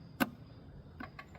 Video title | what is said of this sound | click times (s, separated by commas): Knock Sensors replacement 99 - 06 chevy silverado | Make sure it's locked into place. Push this down. | 0.2 s